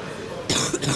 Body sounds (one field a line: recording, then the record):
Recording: coughing mixed with background sound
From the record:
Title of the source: Wet coughing